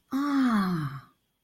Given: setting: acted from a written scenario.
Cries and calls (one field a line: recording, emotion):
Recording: vocal sound without words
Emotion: realization